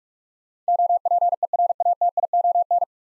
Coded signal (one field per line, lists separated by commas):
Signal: Morse code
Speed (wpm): 44 wpm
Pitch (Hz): 700 Hz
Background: none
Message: OPERATION